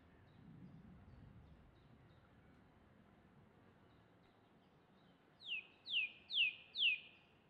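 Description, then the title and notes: Song thrush song: four sharp, descending whistled sweeps repeated in close succession near the end, after several seconds of quiet background rumble. Field recording made in Oxfordshire, England. "This field recording of a song thrush in Oxfordshire, England"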